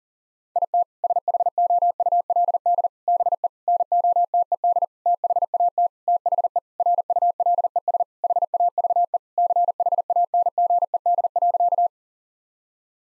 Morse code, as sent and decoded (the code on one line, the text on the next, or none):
.. - / ... .... --- ..- .-.. -.. / -... . / -. --- - . -.. / - .... .- - / - .... . / .-. ..- .-.. . ... / .... .- ...- . / -.-. .... .- -. --. . -.. .-.-.-
IT SHOULD BE NOTED THAT THE RULES HAVE CHANGED.